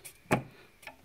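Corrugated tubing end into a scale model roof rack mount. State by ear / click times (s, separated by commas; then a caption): seated / 0.3 s, 0.9 s. The end of a plastic corrugated tubing piece, with holes on top, is pushed into its roof rack mount on a 1:6 scale Ghostbusters Ecto-1 model car. A sharp click at 0.3 s is followed by a fainter click at 0.9 s. The tubing locks into place and holds sturdily.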